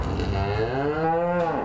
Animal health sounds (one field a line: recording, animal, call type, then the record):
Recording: contact call of a hoofed animal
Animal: cattle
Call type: low-frequency (closed-mouth) or high-frequency (open-mouth) call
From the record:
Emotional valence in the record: negative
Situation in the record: full separation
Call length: 1.65 s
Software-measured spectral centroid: 1320 Hz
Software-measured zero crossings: 1270 a second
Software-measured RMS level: -24 dBFS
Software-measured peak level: -13 dBFS